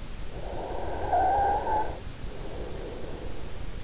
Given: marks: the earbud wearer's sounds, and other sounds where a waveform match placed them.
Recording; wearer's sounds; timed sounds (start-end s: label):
sounds in sleep by an in-ear microphone; snoring breath
0.30-3.71 s: snoring breath